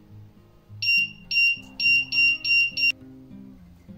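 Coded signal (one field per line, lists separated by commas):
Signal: none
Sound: metal detector detection tones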